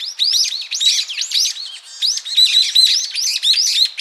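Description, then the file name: Brown-eared bulbul giving fast, overlapping squeaky chirps that rise then fall, with crisp high clicks running through the whole stretch. "Ixos amaurotis"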